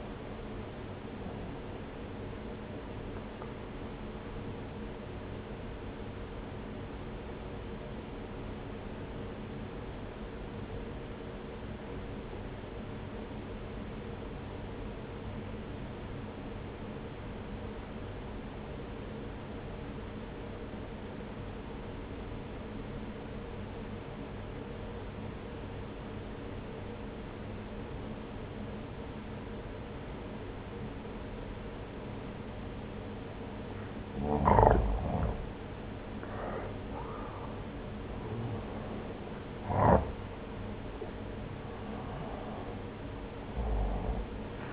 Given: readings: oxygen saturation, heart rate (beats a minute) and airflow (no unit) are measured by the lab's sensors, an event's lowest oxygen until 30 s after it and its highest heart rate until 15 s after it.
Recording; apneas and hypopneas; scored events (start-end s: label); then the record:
breathing in sleep by a voice recorder at the bedside; 1
8.00-35.60 s: obstructive apnea (N1, oxygen 94% highest, then 87% lowest)
From the record:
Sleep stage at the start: N1 (lightest sleep); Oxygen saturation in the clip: 88 to 94%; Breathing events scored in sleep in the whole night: 303 in 8.1 hours asleep